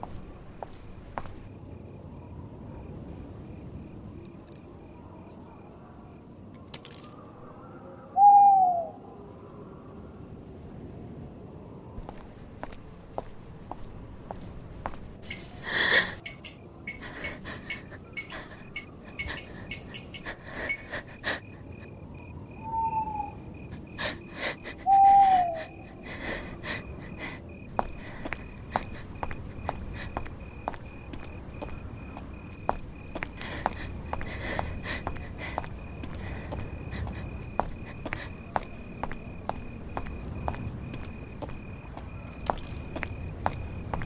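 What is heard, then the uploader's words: A horror night ambience: a low, steady rumble runs throughout under scattered creaks and ticks that grow busier after the midpoint. Short owl-like hoots with a falling pitch call out near 8 seconds and again around 23 and 25 seconds. Horror night ambience.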